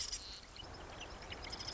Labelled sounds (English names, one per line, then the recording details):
Marsh Wren
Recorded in Sonoma County, California